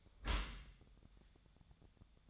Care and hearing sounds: daily activity, microphone in the room; close dishwasher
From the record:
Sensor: 3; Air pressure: 1004.6 hPa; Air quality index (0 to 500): 104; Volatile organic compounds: 4 ppm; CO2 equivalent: 1635 ppm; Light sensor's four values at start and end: 7/17/7/6 and 7/17/7/6

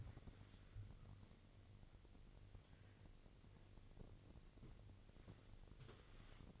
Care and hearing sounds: daily activity, microphone in the room; wipe stove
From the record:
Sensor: 4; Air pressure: 1002.4 hPa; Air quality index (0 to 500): 216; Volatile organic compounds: 12 ppm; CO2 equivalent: 2335 ppm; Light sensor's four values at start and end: 19/67/24/24 and 19/67/24/24

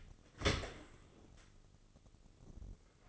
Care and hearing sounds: daily activity, microphone in the room; open dishwasher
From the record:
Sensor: 4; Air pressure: 996.7 hPa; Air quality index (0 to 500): 88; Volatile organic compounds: 4 ppm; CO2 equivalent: 1695 ppm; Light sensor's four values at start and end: 19/51/20/22 and 19/52/20/22

